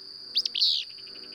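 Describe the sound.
Bird utters a brief two-part chirp: quick rising notes, then a longer bright whistle, over a steady high tone.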